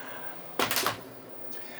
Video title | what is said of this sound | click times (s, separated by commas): Campervan sharing a shower and a wardrobe. Dreamer D55 Exclusive | And you might have heard that little clunk at the top there. We've got a magnet. | 0.7 s, 0.9 s